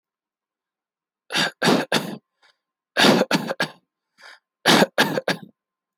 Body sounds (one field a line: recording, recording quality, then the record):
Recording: shallow voluntary cough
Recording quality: excellent, no background noise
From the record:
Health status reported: healthy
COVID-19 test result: negative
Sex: male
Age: 26 years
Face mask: not worn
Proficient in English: yes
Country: India